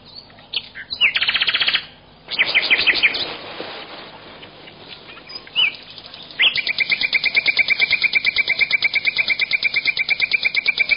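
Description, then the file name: Bird trills: buzzy pulsed bursts, a pause, a rougher noisy passage, then a long steady trill of rapid repeated notes. "uccelli birds"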